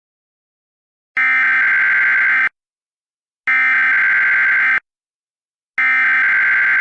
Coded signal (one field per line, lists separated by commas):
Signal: Emergency Alert System (SAME) tones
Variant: header bursts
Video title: Eas mock#3:global thermonuclear war